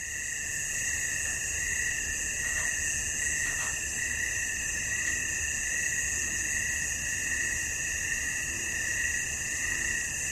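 Cricket chorus: shrill, unbroken high trills, with a couple of faint clicks early on and soft background hiss.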